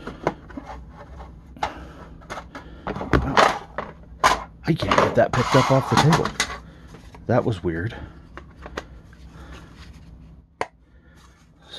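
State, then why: Seated. A plastic piece of a Star Wars Vintage Collection Armorer's Forge playset from The Mandalorian is pressed onto the toy forge base while someone talks, with scattered light handling taps and knocks. A single sharp snap at 10.6 s shows the piece seating into place.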